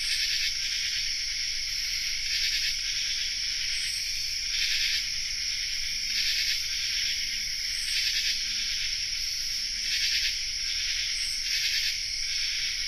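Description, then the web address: Common true katydid chorus: many rasping calls overlapping in throbbing bursts over a steady shrill drone. Chorus, North America. "Nature Songs N America Songs of Insects Common True Katydid chorus"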